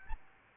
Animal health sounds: mosquito wingbeat signal from an infrared sensor; Aedes albopictus

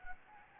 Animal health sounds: mosquito wingbeat signal from an infrared sensor; Anopheles gambiae

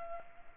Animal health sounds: mosquito wingbeat signal from an infrared sensor; Culex pipiens

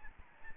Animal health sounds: mosquito wingbeat signal from an infrared sensor; Aedes albopictus

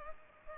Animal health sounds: mosquito wingbeat signal from an infrared sensor; Culex pipiens

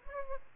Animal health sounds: mosquito wingbeat signal from an infrared sensor; Aedes albopictus

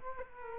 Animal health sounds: mosquito wingbeat signal from an infrared sensor; Culex quinquefasciatus

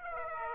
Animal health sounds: mosquito wingbeat signal from an infrared sensor; Aedes aegypti

